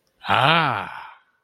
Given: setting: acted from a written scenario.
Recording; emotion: vocal sound without words; realization